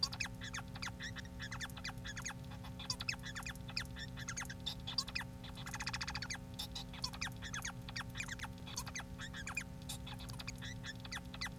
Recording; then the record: song of a male Bengalese finch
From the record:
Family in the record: son of father 4